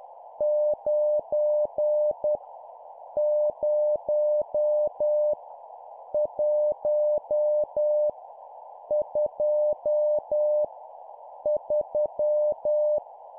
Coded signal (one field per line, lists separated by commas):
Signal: Morse code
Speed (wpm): 10 wpm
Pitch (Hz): 600 Hz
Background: none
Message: 9 0 1 2 3